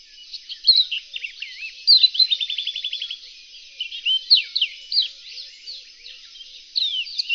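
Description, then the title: Reunion olive white-eye song: a rapid, high twittering warble of sweeping chirps, with a fast even trill of repeated notes near the two-second mark, then scattered slurred phrases. "kicau pleci reunion olive white eye"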